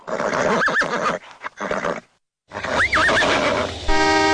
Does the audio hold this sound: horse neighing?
yes